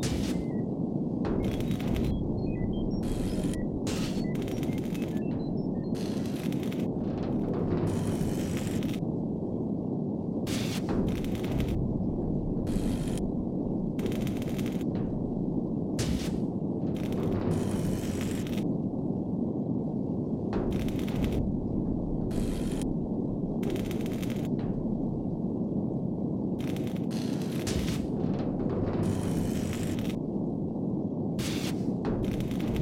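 Spaceship ambience: a dense, steady low rumble and hum that never lets up across the whole stretch. Bright hissing bursts break through every second or two at uneven intervals, and faint high electronic blips flicker in the first few seconds.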